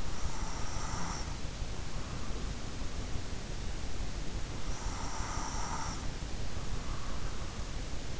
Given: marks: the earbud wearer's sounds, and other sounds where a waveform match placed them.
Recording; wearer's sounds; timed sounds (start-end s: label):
sounds in sleep by an in-ear microphone; breath
0.00-3.11 s: breath
4.73-7.56 s: breath